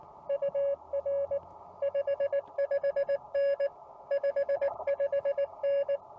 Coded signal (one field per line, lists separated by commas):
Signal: Morse code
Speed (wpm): 19 wpm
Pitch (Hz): 560 Hz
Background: none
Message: UR 55N 55N